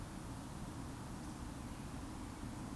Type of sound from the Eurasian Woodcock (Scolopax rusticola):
whistle